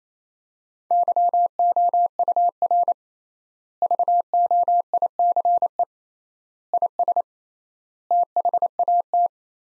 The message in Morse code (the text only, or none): YOUR VOICE IS THAT